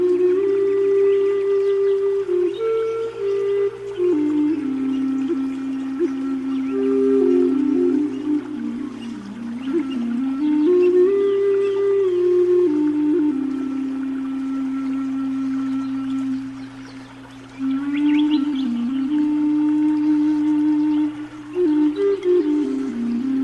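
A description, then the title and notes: Slow, calm music of long sustained tones that glide up and down in a mid-low register, with a soft whale-like quality. A steady low drone hums underneath throughout, and the melody thins out briefly around the seventeen-second mark before resuming. Nature Sounds, Zen Music.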